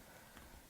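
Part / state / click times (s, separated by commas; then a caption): plastic action figure limb piece into the body socket of a build-a-figure / not seated / none. A plastic hand or arm piece of a Marvel Legends Warlock build-a-figure is pushed into its socket on the figure's body, the right way round. Only a faint, quiet sound is heard, with a small bump around 0.4 s. The piece has not clicked into place yet.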